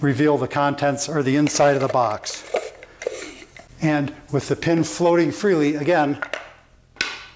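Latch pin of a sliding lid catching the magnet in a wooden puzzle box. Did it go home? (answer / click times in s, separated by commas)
yes / 7.0 s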